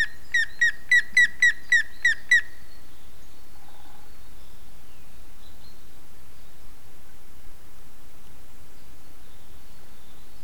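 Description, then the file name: Grey-headed woodpecker call: a quick run of several whistled notes in the first few seconds, then only faint background hiss with a couple of soft sounds. "hamvas küllő kiáltás"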